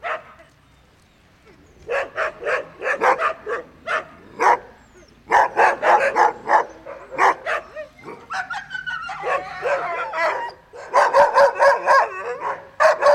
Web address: husky